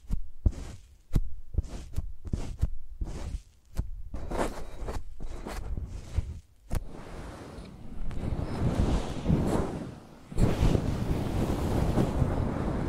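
A microphone is used like a pencil, tapped and dragged. Sharp knocks land about twice a second over a low rumble for the first seven seconds, then give way to continuous scratchy rubbing that grows denser and louder after ten seconds.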